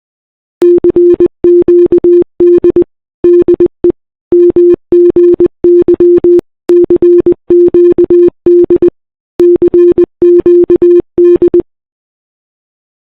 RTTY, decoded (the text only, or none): none